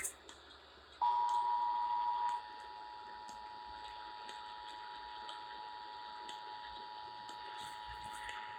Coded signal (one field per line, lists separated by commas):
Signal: Emergency Alert System (SAME) tones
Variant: 853 and 960 Hz attention tone